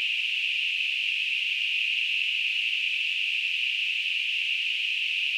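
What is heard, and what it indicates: A steady, unbroken high-pitched hiss, a narrow band of rushing noise centred around 2–3 kHz, holds at the same loudness for over five seconds. It is a simulated example of hissing-type tinnitus, the constant phantom noise some people hear in their ears.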